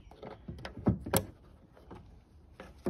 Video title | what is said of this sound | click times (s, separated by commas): Ford B-Max Water In The Boot And Footwells, C-Max S-Max, Home D.I.Y | nice nice and tight and it makes a click when it is in position | 1.2 s